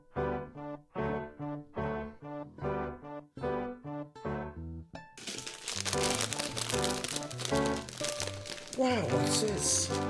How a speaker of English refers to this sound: I found a bag of crisp on my keyboard, opening up right now. Taking some out,